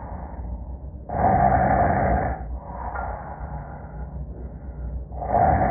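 Loud, rough inhalation snores about four seconds apart, with a muffled low rumble between them, as snoring noise is heard with active noise cancellation switched on and off.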